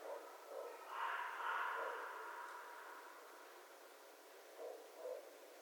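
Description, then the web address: Red fox giving one drawn-out, hoarse call lasting over a second, with a few short low yelps before and after. Recorded on 11 January 2012. "Red Fox 2012 01 11 Red Fox long"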